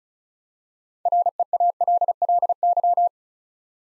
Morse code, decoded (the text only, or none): REALLY